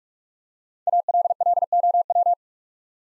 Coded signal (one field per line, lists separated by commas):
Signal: Morse code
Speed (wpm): 44 wpm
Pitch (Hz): 700 Hz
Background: none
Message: ALLOW